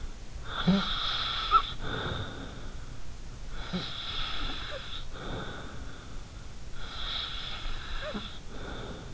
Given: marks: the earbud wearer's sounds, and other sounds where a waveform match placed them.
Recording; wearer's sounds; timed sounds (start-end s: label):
sounds in sleep by an in-ear microphone; snoring breath
0.45-2.91 s: snoring breath
3.46-6.01 s: snoring breath
6.71-9.14 s: snoring breath